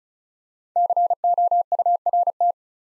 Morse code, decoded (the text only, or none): COURT